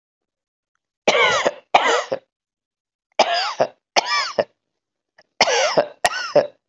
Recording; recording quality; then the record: heavy voluntary cough; excellent, no background noise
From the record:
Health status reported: healthy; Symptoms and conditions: none ticked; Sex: male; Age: 26 years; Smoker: not ticked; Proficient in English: yes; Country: India